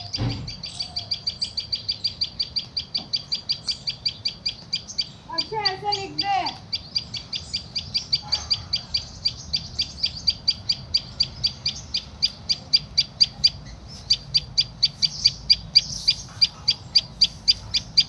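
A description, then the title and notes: Birds sing, with one high, sharp chirp repeating at a steady, fast pace, about three times a second, through the whole clip. Around five to seven seconds a lower, harsher call cuts in, with another brief one near eight seconds, over a faint low rumble. Bird songs. Wablers, crow, parkeets and tailor bird and robin.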